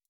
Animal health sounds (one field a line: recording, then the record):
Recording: hydrophone in a shrimp aquaculture tank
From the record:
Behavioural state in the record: stressed